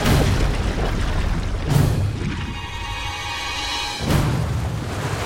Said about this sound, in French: De violentes explosions secouent la terre. C'est le bébé volcan qui, à quelques centaines de mètres, pousse à une vitesse ahurissante.